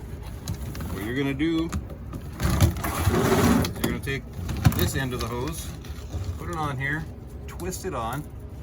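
Someone talks while handling a sewer dump hose, bringing its bayonet-fitting end to the sewage outlet of a Coachmen Freelander Class C motorhome to push it on and twist it until it locks. Short knocks and scrapes of handling come through the talking. The clip ends before the fitting goes home, so nothing has seated or locked yet.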